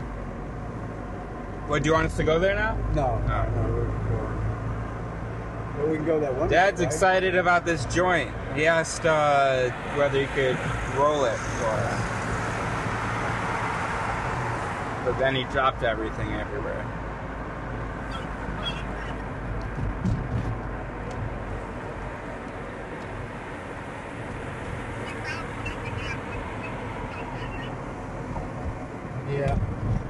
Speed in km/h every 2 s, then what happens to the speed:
45, 47, 52, 51, 52, 51, 52, 51, 49, 47, 43, 43, 39, 38, 39.
0-4 speeds up to 52. 4-13 steady at about 52. 13-24 slows to 39. 24-30 steady at about 39.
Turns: none.